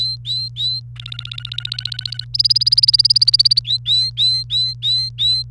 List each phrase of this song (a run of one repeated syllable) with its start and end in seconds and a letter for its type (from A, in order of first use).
0.00-0.80 A, 0.96-2.25 B, 2.34-3.59 C, 3.65-5.42 A